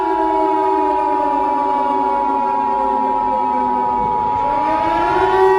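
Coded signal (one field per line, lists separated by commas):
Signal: Emergency Alert System (SAME) tones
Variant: 853 and 960 Hz attention tone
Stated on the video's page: Fictional EAS scenario; simulated.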